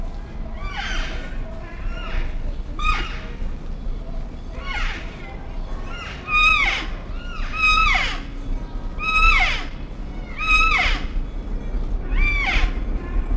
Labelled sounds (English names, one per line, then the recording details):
Wapiti call
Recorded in captivity
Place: Zoo Berlin, Berlin, DE
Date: 1959-07-04 16:00
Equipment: Reporter (Vollspur)
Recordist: Tembrock, Günter